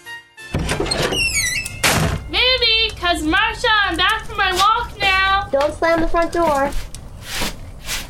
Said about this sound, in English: The front door.